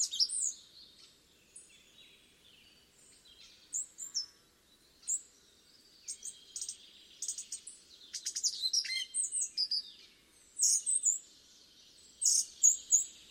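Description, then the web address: Song thrush song: high, sharp chips and squeaky notes in a quick, irregular stream that grows denser and louder toward the end. "cianscape birddata Deverinetal 2025"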